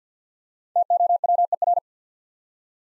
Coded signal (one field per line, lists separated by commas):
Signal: Morse code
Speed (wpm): 51 wpm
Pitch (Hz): 700 Hz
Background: none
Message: TOWER